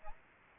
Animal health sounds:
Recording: mosquito wingbeat signal from an infrared sensor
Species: Aedes albopictus

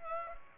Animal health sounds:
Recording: mosquito wingbeat signal from an infrared sensor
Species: Culex pipiens

